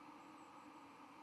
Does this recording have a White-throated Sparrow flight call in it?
no